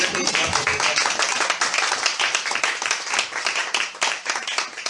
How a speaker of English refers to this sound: Applaudissons pour le Seigneur. Amen.